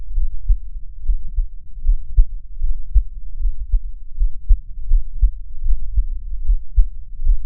Human heartbeat contact microphone.